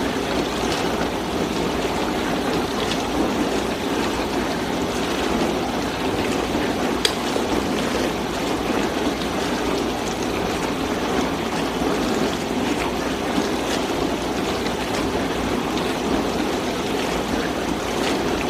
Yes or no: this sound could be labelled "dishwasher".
yes